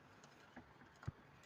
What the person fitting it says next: முடிஞ்சிச்சு. லாக் ஆகிடுச்சு.